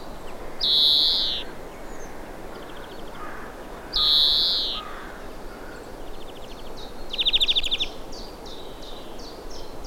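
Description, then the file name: European greenfinch calls: two long nasal wheezes, then a rapid rattling trill, while another bird repeats short high notes in the background. "Chloris chloris"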